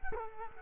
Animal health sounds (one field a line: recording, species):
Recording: mosquito wingbeat signal from an infrared sensor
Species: Culex quinquefasciatus